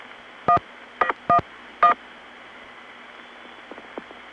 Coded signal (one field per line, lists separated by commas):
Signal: DTMF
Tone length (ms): 90 ms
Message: 111